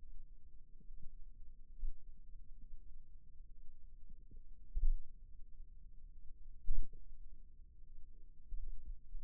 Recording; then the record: forearm muscle sounds (acoustic myography)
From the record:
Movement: finger pinch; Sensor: system 2, bracelet of six BSWA MPA416 microphones around the upper forearm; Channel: 1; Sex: male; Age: 22 years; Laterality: right